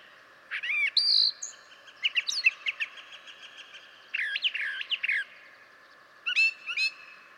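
Brown Thrasher song of varied phrases: bright slurred whistles, then a burst of quick notes and paired sharp chirps near the end.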